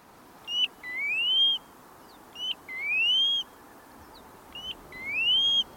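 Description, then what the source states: Pacific Golden-Plover calls: a short clipped note, then a long, clear, rising whistled slur, repeated three times about two seconds apart over a faint hiss. After breeding in Alaska, flies to the South Pacific, thousands of miles and several days' flight away.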